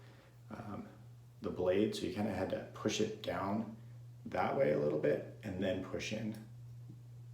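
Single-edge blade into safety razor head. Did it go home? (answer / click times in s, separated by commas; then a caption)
no / none. A single-edge blade is bent down under two internal hooks and pushed into the head of an Occam O.R.E.N (Razor Enhanced Nano) Artist Club style single-edge safety razor while someone talks. The blade has not yet seated or clicked into place.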